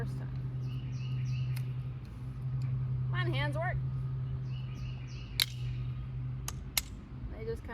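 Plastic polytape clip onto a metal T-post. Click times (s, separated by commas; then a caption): 6.8 s. A plastic polytape insulator clip for electric fence tape is pressed onto a steel T-post, and it snaps into place with a sharp click at 6.8 seconds, fully seated. Someone talks throughout, with birds chirping and a steady low hum in the background.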